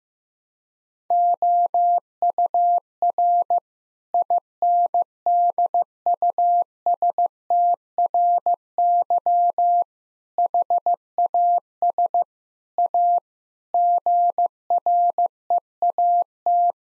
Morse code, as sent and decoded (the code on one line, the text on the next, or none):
--- ..- .-. / .. -. -.. ..- ... - .-. -.-- / .... .- ... / .- / --. .-. . .- -
OUR INDUSTRY HAS A GREAT